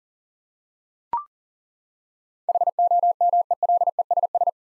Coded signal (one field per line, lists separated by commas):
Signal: Morse code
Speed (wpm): 38 wpm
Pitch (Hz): 700 Hz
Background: none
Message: HOMELESS